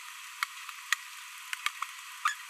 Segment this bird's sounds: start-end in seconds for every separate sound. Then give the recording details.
2.25-2.32. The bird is a female. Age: 22 days. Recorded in a nest box in Venezuela. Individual 17B42B1